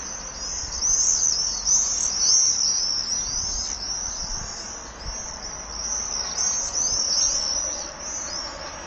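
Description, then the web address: Common swift screaming, a long run of piercing high trills that rise and fall in waves, with several louder bursts throughout. "Common swift. صدای-پرنده-بادخورک-معمولی"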